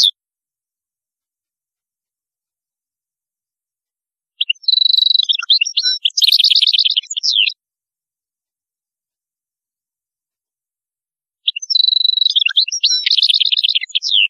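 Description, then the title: European goldfinch song: two long, fast tinkling and trilling phrases several seconds apart, mixing clear notes with buzzy trills. "Chant Chardonneret"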